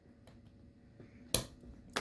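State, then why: Released. A small jeweler's screwdriver is pushed down into the plastic latch on the second side of a rotary encoder switch housing from a Data Precision 8200's input switches, prying it open. A sharp snap at 1.35 s marks the housing clip releasing, with a few fainter ticks before and after and another click near the end. The encoder housing is now open.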